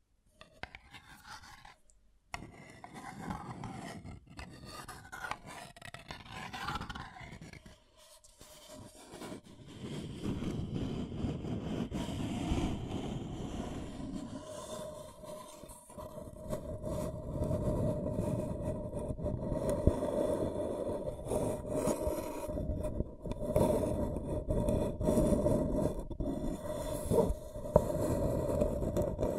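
Scratching and tracing sounds, dense and rough, with a gritty rasp that starts patchy, then after ten seconds becomes a steadier, louder grinding scrape.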